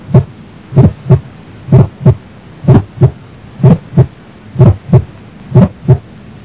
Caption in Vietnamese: Tiếng click tấm máu động mạch phổi rõ ở liên sườn 2-3 trái, thay đổi theo hô hấp yếu hoặc mất đi khi hít vào. Tiếng click tấm máu động mạch phổi mạnh lên và yếu đi theo hô hấp.